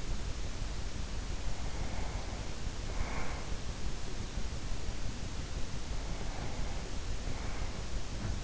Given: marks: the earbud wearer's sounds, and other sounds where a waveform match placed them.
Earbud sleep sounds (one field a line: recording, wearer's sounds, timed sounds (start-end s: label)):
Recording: sounds in sleep by an in-ear microphone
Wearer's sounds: breath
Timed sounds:
1.39-3.62 s: breath
5.85-8.44 s: breath